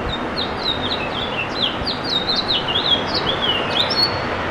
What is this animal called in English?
House Finch